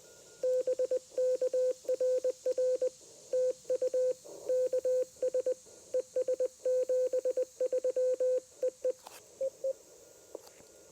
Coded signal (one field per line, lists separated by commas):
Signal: Morse code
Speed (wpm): 19 wpm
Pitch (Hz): 500 Hz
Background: radio noise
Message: BK RR TU KS ES 73 EE EE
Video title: Homebrew QRP Transceiver and TennTennas EFHW Shine in Labor Day POTA Activation!